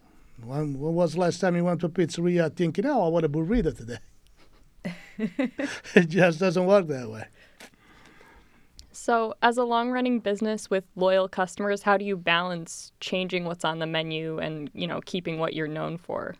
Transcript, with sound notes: When was the last time we went to pizzeria, thinking, I want a burrito today. [LAUGHTER] It just doesn't work that way.
As a long running business with loyal customers, how do you balance changing what's on the menu and keeping what you're known for?